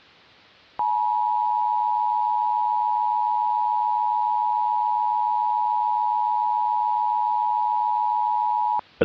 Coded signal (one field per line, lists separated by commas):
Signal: Emergency Alert System (SAME) tones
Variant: 853 and 960 Hz attention tone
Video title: (VALID TONES) EAS Mock - Evil Darwin, The Conclusion (Part 4) (READ DESCRIPTION)